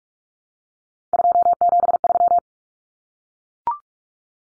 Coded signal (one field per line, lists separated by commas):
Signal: Morse code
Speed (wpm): 44 wpm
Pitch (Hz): 700 Hz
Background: none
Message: 273